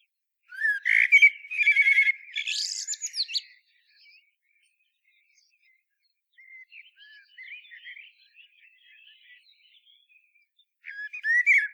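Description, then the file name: Common blackbird singing: a loud warbled phrase with harsh squeaky twittering, a long quiet stretch of soft notes, then another phrase begins. "Turdus merula"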